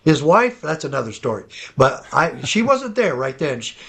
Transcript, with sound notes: His wife, that's another story, but I...
(laughs)
She wasn't there right then.